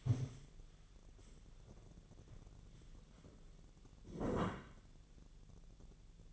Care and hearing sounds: daily activity, microphone in the room; stand up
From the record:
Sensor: 4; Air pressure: 1001.2 hPa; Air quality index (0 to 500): 182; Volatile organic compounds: 2 ppm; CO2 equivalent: 1304 ppm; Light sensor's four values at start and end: 14/33/13/14 and 14/33/13/14

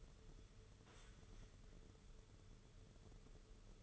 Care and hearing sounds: daily activity, microphone in the room; sit down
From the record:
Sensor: 4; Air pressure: 995.3 hPa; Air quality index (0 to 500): 216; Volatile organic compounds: 264 ppm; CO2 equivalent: 4396 ppm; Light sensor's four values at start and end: 19/49/19/23 and 19/49/19/23

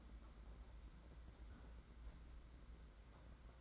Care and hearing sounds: daily activity, microphone in the room; close fridge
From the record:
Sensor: 3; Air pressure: 991.8 hPa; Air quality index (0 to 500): 216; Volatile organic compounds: 1000 ppm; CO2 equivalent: 7388 ppm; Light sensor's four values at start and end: 34/99/40/34 and 34/99/40/34

